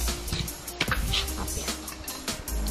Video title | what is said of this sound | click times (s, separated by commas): REVIEW PANCI PRESTO VICENZA 12 LITER | Kita putar, nah sampai terdengar klik, nah itu baru terkunci dan rapat ya teman-teman. | 0.8 s